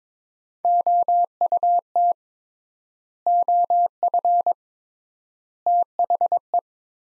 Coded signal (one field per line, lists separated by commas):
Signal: Morse code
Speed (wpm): 22 wpm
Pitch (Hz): 700 Hz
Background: none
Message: OUT OF THE